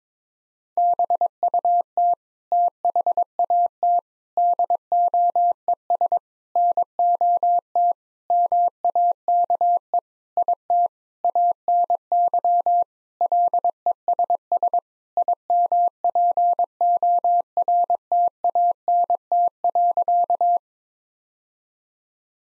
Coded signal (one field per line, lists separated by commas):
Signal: Morse code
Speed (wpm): 22 wpm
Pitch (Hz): 700 Hz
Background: none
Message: BUT THAT DOES NOT MAKE IT ANY LESS IMPORTANT.